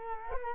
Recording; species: mosquito wingbeat signal from an infrared sensor; Culex quinquefasciatus